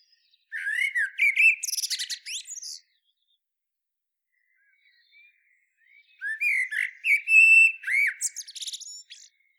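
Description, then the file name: Common blackbird singing two phrases, each of rich warbling whistles that waver up and down, followed by a strained, high-pitched twittering flourish. "Turdus merula"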